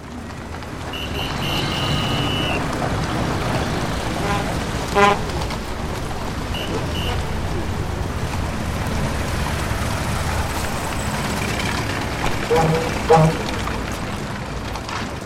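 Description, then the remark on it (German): A steady, dense rumble of street traffic, broken by a few short horn toots: one burst partway through and a couple of quick honks near the end. “Der dichter werdende Verkehr erhöht nicht nur die Mobilität.”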